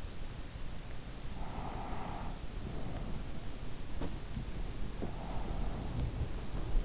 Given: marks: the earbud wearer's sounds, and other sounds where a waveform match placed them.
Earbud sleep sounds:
sounds in sleep by an in-ear microphone; breath
1.12-3.52 s: breath
4.21-6.85 s: sound from someone else or the room

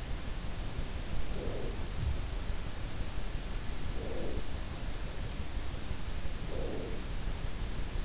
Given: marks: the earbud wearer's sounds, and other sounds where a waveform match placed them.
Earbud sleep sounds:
sounds in sleep by an in-ear microphone; breath
1.21-2.06 s: breath
1.54-2.41 s: sound from someone else or the room
3.74-4.84 s: breath
6.21-7.25 s: breath

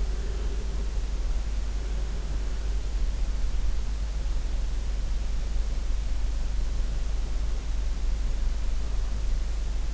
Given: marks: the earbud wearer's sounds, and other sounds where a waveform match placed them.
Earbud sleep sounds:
sounds in sleep by an in-ear microphone; breath
0.00-2.46 s: breath

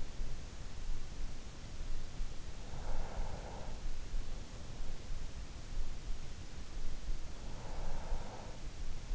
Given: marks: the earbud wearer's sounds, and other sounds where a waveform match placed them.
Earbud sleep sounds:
sounds in sleep by an in-ear microphone; breath
2.63-4.37 s: breath
7.28-9.15 s: breath

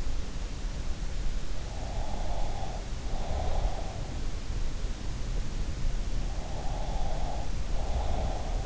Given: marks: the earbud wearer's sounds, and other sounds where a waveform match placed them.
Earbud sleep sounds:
sounds in sleep by an in-ear microphone; breath
1.72-3.79 s: breath
6.68-8.66 s: breath

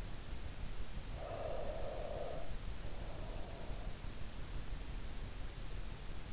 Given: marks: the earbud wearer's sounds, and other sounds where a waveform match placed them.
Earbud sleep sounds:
sounds in sleep by an in-ear microphone; breath
1.02-4.14 s: breath

